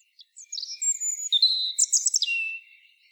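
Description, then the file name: European robin song: one rapid, varied phrase of thin high whistles and sparkling trills, ending on a long, drawn-out lower whistle. "Erithacus rubecula"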